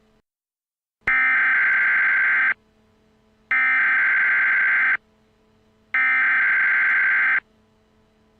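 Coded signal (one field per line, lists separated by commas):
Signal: Emergency Alert System (SAME) tones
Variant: header bursts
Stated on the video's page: Fictional EAS scenario made as a recreation.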